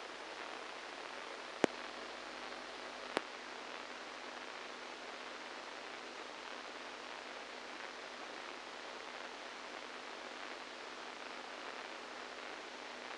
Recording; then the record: brain microelectrode recording played as sound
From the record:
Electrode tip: inside the subthalamic nucleus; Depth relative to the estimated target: -5 mm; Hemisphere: right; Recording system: NeuroSet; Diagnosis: Parkinson's disease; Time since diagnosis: 7 years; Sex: male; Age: 69 years